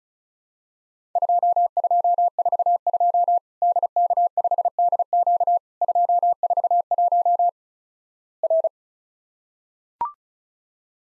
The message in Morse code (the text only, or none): 2242 DK5DQ 241 R